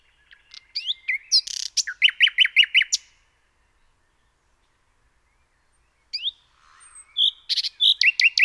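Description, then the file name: Common nightingale song: high whistled notes, then a run of rapid repeated descending notes, a pause of about three seconds, and another phrase ending in fast repeated notes. "Luscinia megarhynchos"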